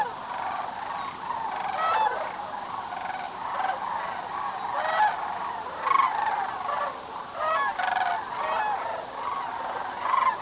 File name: sandhillcranes